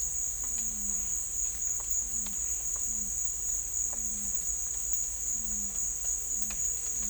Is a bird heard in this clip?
no